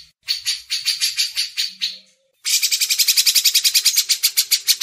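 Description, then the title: Grey-cheeked bulbul giving harsh, buzzy chatter in rapid pulses, two bursts split by a short silence, with a faint low tone underneath. Masteran (tutor song for training songbirds). "MASTERAN CUCAK JENGGOT"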